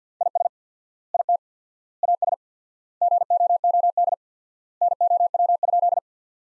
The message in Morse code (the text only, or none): IS IT AS GOOD NOW?